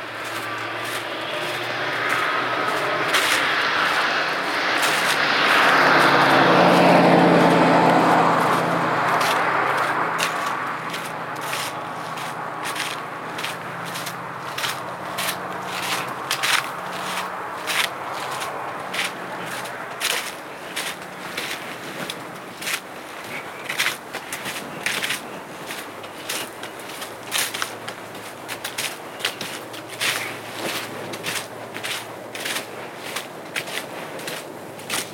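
Footsteps crunch along the Appleton Trail on a pitch-black night hike, sharp steady steps running through most of the recording and growing more distinct after about ten seconds. Early on, a smooth rushing swell, like a passing vehicle, rises and fades between roughly four and ten seconds.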